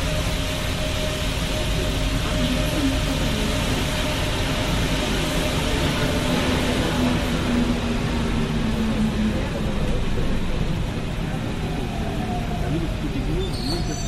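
A Paris Métro ride: a dense, steady roar of train noise fills the whole clip at an even loudness. Faint tonal whines rise and fall from the wheels and motors, with a brief squeal near the end and murmured voices underneath.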